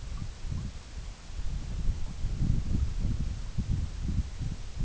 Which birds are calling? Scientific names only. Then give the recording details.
none. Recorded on Arctic tundra, site EABA-MC, on 21 June 2019. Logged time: 20:00